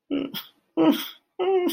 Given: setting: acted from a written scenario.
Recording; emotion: vocal sound without words; sadness